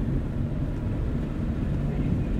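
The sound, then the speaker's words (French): A steady, droning low rumble of a car touring around the island of Lampedusa, Italy, with constant road and engine noise and a faint wind-like hiss on top, unbroken throughout. “Nous partons faire le tour de l'île en voiture pour voir les plus beaux lieux de l'île qui surplombent la mer et beaucoup de criques qu'on va essayer de voir d'en haut.”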